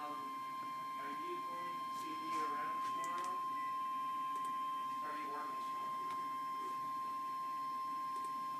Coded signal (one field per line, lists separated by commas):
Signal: Emergency Alert System (SAME) tones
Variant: 1050 Hz attention tone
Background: speech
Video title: Severe Thunderstorm Warning-EAS #46